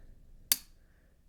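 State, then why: Seated. A stiff folding knife blade is slowly rolled open until its back lock engages, giving one sharp, bright snap at 0.5 s that rings briefly in the high frequencies. The rest of the clip is quiet, and the blade is locked open.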